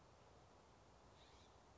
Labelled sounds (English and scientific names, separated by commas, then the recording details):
California Scrub-Jay (Aphelocoma californica)
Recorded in Sonoma County, California